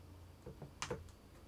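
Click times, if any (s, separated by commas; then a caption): 0.8 s. During a Google Pixel 1 battery replacement, a detached flex cable connector is lined up with its socket on the phone's logic board and pressed down. Softer taps come before and after, and a sharp, bright click at 0.8 s marks the connector snapping into the socket, seated.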